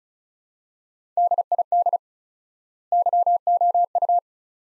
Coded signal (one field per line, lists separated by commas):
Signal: Morse code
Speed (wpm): 36 wpm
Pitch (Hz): 700 Hz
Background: none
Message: DID YOU